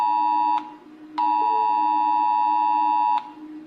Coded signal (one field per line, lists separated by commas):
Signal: Emergency Alert System (SAME) tones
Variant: 853 and 960 Hz attention tone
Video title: Rating EAS Alarms